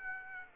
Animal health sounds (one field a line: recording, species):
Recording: mosquito wingbeat signal from an infrared sensor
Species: Aedes aegypti